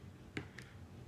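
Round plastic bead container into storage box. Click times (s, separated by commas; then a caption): 0.4 s. A small round plastic bead-storage container from a diamond painting box is fitted into its storage box, and it snaps into place with a sharp click at 0.4 s. A fainter, higher click follows at 0.6 s over a quiet background.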